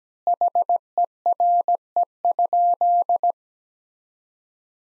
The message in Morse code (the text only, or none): HERE?